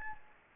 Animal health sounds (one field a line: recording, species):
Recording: mosquito wingbeat signal from an infrared sensor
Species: Anopheles gambiae